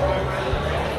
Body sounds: background sound without coughing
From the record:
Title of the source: CITY SOUNDS Busy Bar in the Evening Night - 2 HOURS of Ambiance for Relaxation

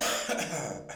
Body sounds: coughing mixed with background sound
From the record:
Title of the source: Wet Throat Infection Cough

